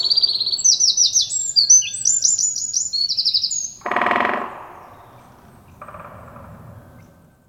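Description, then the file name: Eurasian wren singing a fast, shrill outpouring of trilled phrases for nearly four seconds, followed by a short burst of noise and quiet. "Troglodytes troglodytes"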